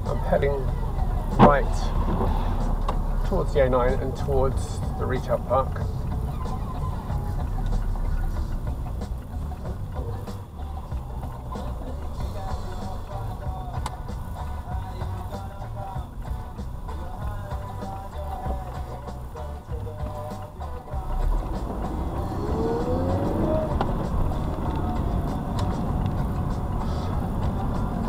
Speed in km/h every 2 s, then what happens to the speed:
13, 15, 16, 13, 11, 8, 10, 10, 5, 3, 5, 13, 21, 23.
0-5 steady at about 15. 5-9 slows to 8. 9-14 steady at about 10. 14-19 slows to 3. 19-28 speeds up to 23.